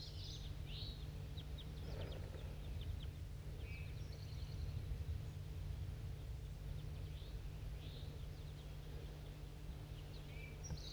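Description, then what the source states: Crossbill flight calls, short faint chipping notes scattered throughout, over a steady low hum. Flock of crossbills flying, heard while the recordist was heading downhill.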